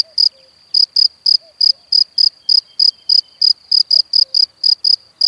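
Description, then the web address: Cricket giving bright, high chirps in loose bursts, some closely paired, separated by irregular gaps against near silence. "Kurs PTTK Przyroda Ptaki Świerszcze"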